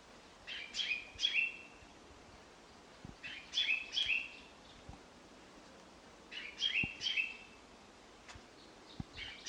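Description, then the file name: Common chaffinch giving repeated bursts of clipped, high chirps roughly every three seconds, with occasional faint thuds in a quiet setting. "Fringilla coelebs"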